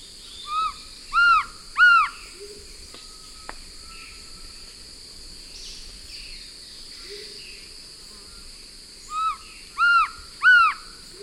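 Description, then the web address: Black-throated trogon calling: a short series of three soft, arched whistled notes, a pause of several seconds, then three more, over a steady insect hum. Eastern lowlands of South America. "Natures Songs S America Eastern Lowlands Black-throated Trogon"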